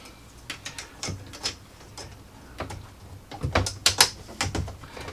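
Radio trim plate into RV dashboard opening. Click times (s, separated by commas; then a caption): 3.6 s, 3.7 s, 3.9 s, 4.0 s. A plastic trim plate is pressed onto the dash around a newly installed double-DIN radio in an RV. After a stretch of light handling taps and rustling, it snaps into place with a quick run of sharp plastic clicks at 3.6, 3.7, 3.9 and 4.0 seconds. The trim plate ends up seated.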